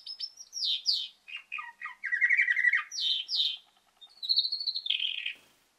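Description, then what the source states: Canary singing a busy medley of high chirps and swept notes, a dense rattling trill near the middle, then a long steady whistle falling into a buzzy close. Female canary.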